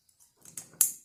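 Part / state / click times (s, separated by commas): wiring harness connector into mass airflow sensor / seated / 0.8 s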